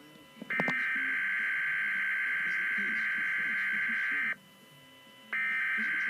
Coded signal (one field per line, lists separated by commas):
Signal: Emergency Alert System (SAME) tones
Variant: header bursts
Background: speech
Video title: Required Weekly Test-(EAS #101)